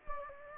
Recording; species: mosquito wingbeat signal from an infrared sensor; Anopheles gambiae